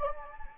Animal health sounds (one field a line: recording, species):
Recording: mosquito wingbeat signal from an infrared sensor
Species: Anopheles gambiae